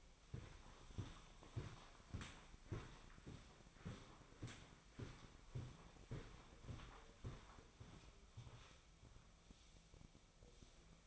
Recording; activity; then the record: daily activity, microphone in the room; walk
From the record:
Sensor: 1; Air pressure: 1009.4 hPa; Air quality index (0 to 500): 186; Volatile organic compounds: 4 ppm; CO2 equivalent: 1574 ppm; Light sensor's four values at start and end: 51/138/56/69 and 51/136/56/68